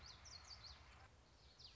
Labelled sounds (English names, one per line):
Common Yellowthroat